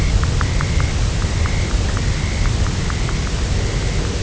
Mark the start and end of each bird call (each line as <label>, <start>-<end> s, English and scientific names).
Dunlin (Calidris alpina), 0.00-4.22 s